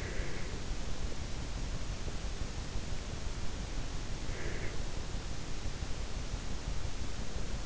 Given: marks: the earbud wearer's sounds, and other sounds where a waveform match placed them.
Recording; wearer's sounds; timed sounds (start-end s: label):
sounds in sleep by an in-ear microphone; breath
0.00-0.50 s: breath
4.26-4.77 s: breath